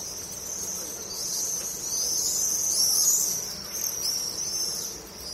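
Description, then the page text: Swifts screaming: a thin, very high, buzzy scream that runs almost without a break, swelling louder in the middle. "Стрижи - Пение стрижей"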